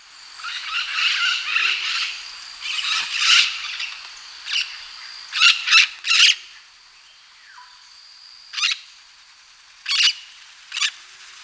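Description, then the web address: White-capped Parrot giving harsh, raspy squawks, first in dense bursts, then as spaced single sharp notes. Recorded in Ecuador. "Birds of Ecuador. White-Capped Parrot"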